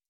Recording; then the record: hydrophone in a shrimp aquaculture tank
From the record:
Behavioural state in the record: stressed